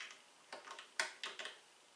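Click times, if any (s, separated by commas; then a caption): 1.0 s. A hex key turns a very tight hex socket screw holding the pedal arm to the metal base of a Fanatec Clubsport V3 sim racing pedal assembly. Faint metallic ticks lead to a sharp snap at 1.0 s as the key slips, followed by two more ticks. The key rounds out the socket, leaving the screw stripped.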